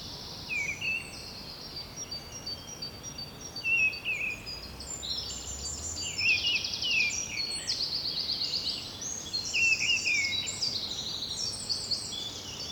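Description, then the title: Birds in a busy chorus of overlapping high chirps, trills and whistled notes that keep going throughout. Bird ambience at Rue du Rossignol, Seneffe, Belgium; recorded with Sony PCM-D100 internal microphones. "Rue du Rossignol 7, 7180 Seneffe, Belgique - Birds ambience"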